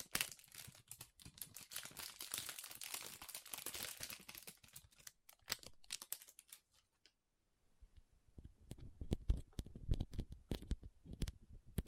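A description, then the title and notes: Soft, squishy crinkling and sticky handling sounds come in dense clusters of quick clicks and rustles for the first six seconds, bright and crisp. After a near-silent pause around seven seconds, fuller, lower squishy presses and cutting-like snaps return, sharper and more spaced. Soft Squishy Sticky, Crinkle, Cutting Sounds.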